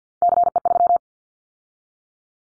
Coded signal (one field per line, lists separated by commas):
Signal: Morse code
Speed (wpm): 50 wpm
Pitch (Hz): 700 Hz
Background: none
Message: CE3